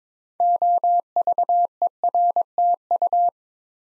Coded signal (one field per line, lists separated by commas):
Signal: Morse code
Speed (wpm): 22 wpm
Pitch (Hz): 700 Hz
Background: none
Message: OVERTU